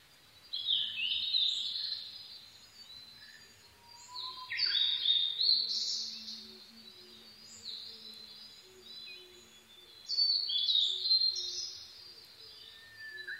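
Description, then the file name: Blue-and-white flycatcher song: three loud, varied whistled phrases with sliding notes, spaced several seconds apart, with faint low hums behind. 22 May 2011 at 04:34. "ooruri-20110522-0434"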